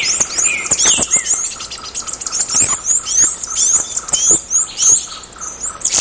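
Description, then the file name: Bird calls: a continuous chatter of very high chirps and slurred notes, with a few lower whistled phrases early on. "SABIOD 50 bird 2015"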